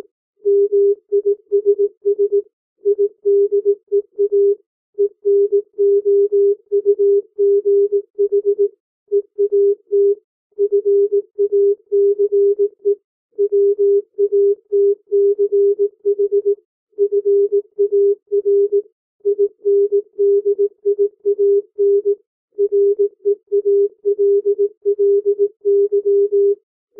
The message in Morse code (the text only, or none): MISS IDEA ENOUGH EAT FACE WATCH FAR INDIAN REALLY